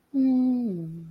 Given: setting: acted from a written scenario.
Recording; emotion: vocal sound without words; contentment